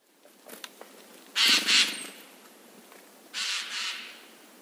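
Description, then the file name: Eurasian jay giving harsh, rasping screeches, a loud double screech followed two seconds later by another hoarse paired call, with faint clicks and quiet background hiss. "Garrulus glandarius"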